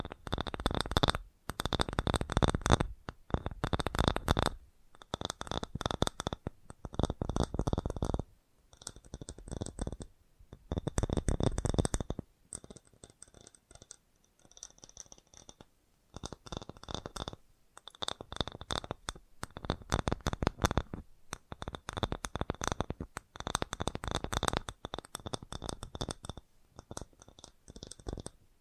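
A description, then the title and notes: Fast tapping comes in dense bursts of rapid strikes, each lasting a second or two and separated by short pauses. The taps are crisp and full, with a bright ringing edge on top, and the bursts recur irregularly for the whole half minute. FAST TAPPING (No Talking).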